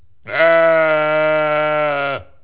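Sheep bleat: a single steady, nasal, harmonic-rich bleat held for about two seconds, with nothing else audible.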